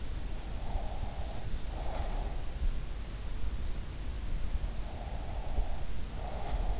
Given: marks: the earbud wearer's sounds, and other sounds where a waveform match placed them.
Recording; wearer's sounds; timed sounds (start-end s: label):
sounds in sleep by an in-ear microphone; breath
0.66-2.30 s: breath
4.98-6.80 s: breath
6.44-6.68 s: sound from someone else or the room